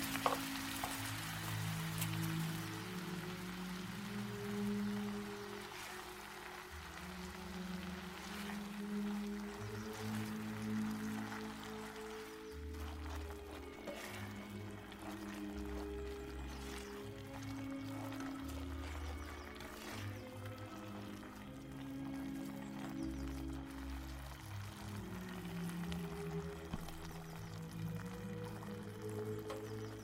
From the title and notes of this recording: 19th century | Vintage kitchen ASMR Ambience | cooking with oldies playing. Granny is cooking in the kitchen while oldies music playing from living room.